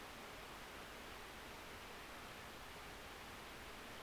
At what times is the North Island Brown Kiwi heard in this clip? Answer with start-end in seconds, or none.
none